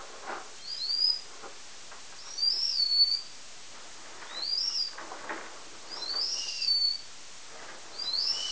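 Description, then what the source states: House mouse song of thin, high chirping sweeps in brief clusters, several bursts spaced unevenly across the stretch, with soft background hiss between them. Ultrasonic song.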